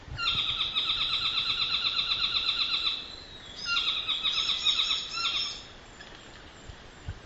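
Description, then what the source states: Saddleback territorial calls: two bursts of rapid, harsh, evenly paced chattering, the first three seconds long, the second shorter, then quiet. Two pairs giving territorial calls; recorded 20 December 2007.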